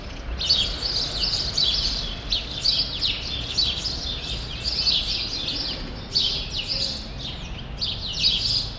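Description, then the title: Sparrows chirping in energetic bursts, sharp repeated chirps from several birds with short pauses between clusters. Sparrows still present in a small remaining part of a once large grove, Rue Saint-Jean Népomucène, Brussels, Belgium; recorded with Earsight V2 AB microphones into a Zoom F3. "Rue Saint-Jean Népomucène 13, 1000 Bruxelles, Belgique - Sparrows - Moineaux"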